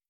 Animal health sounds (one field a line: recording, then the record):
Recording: hydrophone in a shrimp aquaculture tank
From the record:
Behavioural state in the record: feeding